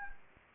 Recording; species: mosquito wingbeat signal from an infrared sensor; Anopheles gambiae